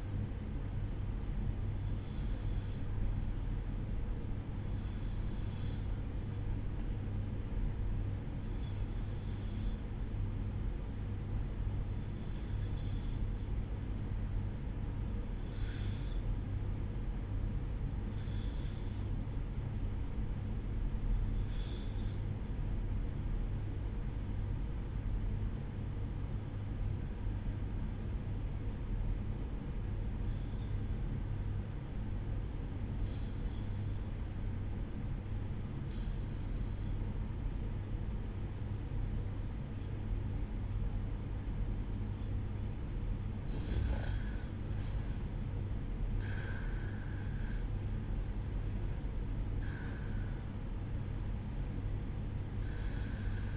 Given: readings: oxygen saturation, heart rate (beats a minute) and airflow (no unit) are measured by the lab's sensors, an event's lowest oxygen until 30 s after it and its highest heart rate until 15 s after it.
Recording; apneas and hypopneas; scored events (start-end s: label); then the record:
breathing in sleep by a smartphone at the bedside; 1
13.00-41.90 s: obstructive apnea (REM, oxygen 95% highest, then 92% lowest, heart rate 59 at the start, 69 highest)
47.00-53.57 s: new sleep stage, N1 (lightest sleep)
From the record:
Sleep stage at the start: REM sleep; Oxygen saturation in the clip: 92 to 95%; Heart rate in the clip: 59 to 68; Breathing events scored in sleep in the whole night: 305 in 9.6 hours asleep